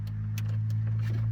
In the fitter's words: yeah, it just kind of snaps in.